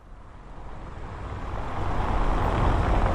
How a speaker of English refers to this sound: In the centre of this market square where the traffic is constantly passing round us,